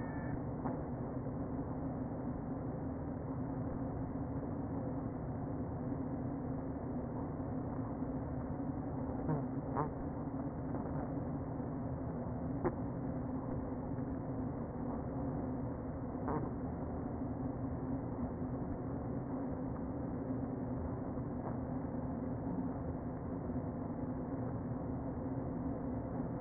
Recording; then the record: honeybee colony, microphone inside the hive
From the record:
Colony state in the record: queen present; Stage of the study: before two queens were removed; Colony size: about 60,000 bees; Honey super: yes